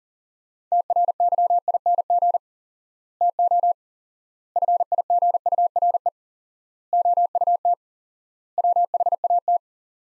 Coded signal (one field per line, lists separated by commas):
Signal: Morse code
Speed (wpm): 40 wpm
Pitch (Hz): 700 Hz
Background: none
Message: TRYING TO FIGURE OUT WHAT